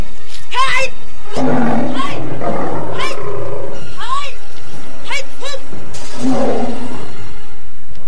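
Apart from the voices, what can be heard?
tiger roaring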